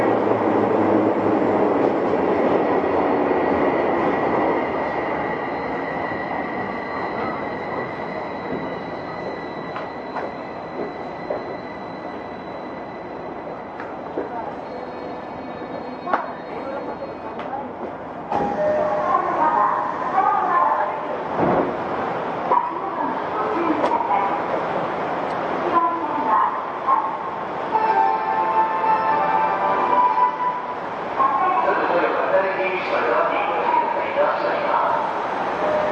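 A Tokyo Metro 05 series wide-door train rumbles steadily with a whining motor tone early on, then grows louder and rougher after eighteen seconds.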